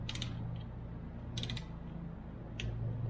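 A click-type torque wrench set to 11 ft-lb tightens a steel accessory bracket bolt on an LS engine, with short bursts of ratcheting near 0.1 and 1.4 seconds over a steady low hum. At 2.6 seconds the wrench gives its sharp click, confirming the bolt has reached the set torque.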